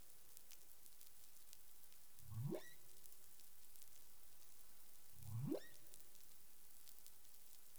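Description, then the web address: Humpback whale calls: two low rising upsweeps, about three seconds apart, each climbing from a deep groan to a higher whoop over steady underwater hiss and faint clicks. Recorded 20 April 2021 at 03:56 UTC. "CARIMAM clean data humpback whale 20210420 035642 UTC"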